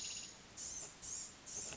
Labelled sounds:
Blue-gray Gnatcatcher (Polioptila caerulea)
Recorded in Sonoma County, California

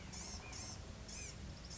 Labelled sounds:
Blue-gray Gnatcatcher (Polioptila caerulea)
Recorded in Sonoma County, California

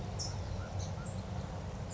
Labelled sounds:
California Towhee (Melozone crissalis)
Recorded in Sonoma County, California

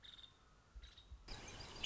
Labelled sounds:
Nuttall's Woodpecker (Dryobates nuttallii)
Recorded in Sonoma County, California

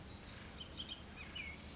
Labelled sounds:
Bullock's Oriole (Icterus bullockii)
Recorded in Sonoma County, California

